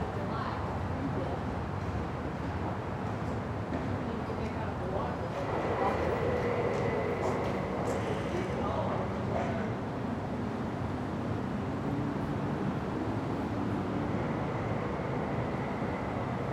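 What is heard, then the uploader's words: Steady street noise fills the building entrance, a dense low rumble of passing traffic that barely changes level throughout. Faint voices come and go, and a thin high tone appears around six to nine seconds and again near the end. Building Entrance Near the Street.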